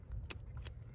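The secondary terminal position lock on a plastic wiring-harness connector is pushed home by hand during a starter replacement on a 2005–2011 Toyota/Lexus 2UZ-FE V8 with the secondary air injection system. Two sharp plastic clicks sound at 0.3 s and 0.7 s over a steady low rumble. The lock is confirmed seated in place.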